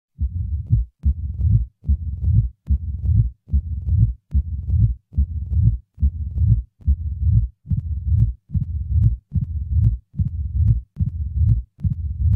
Mid diastolic murmur with opening snap presystolic accentuation.